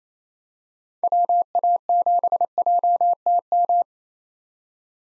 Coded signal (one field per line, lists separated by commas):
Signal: Morse code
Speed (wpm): 27 wpm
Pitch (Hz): 700 Hz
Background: none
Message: WA7JTM